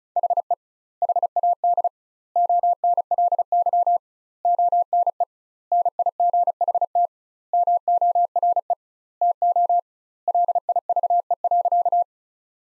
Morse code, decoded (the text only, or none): HE HAD ONLY ONE NIGHT MORE TO LIVE.